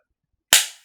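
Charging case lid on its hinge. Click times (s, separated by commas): 0.5 s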